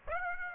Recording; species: mosquito wingbeat signal from an infrared sensor; Aedes aegypti